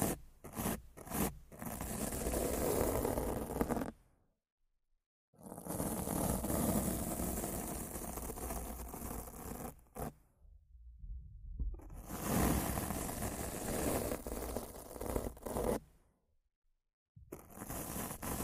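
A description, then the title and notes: Rough scratching and brushing against a microphone comes in dense, gritty bursts of several seconds each, with a few quick separate scrapes at the start. Sudden total silences break it up around five, eleven and seventeen seconds before the rubbing resumes. Rough Mic Scratching & Brushing (No Talking).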